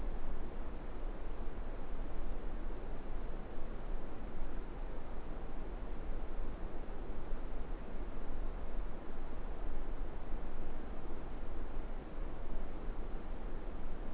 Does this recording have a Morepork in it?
no